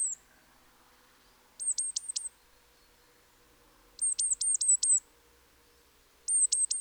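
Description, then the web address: Great tit gives rapid runs of three to five very high, thin descending notes in several bursts over a quiet, faint background hum. "SETE Parus major"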